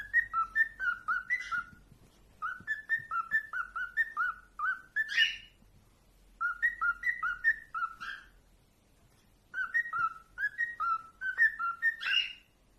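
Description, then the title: Cockatiel whistled song in four bursts of quick alternating high and low notes, each burst ending in a harsher note. Several cockatiels, singing in whistles. "Calopsitas Cantando Assobio"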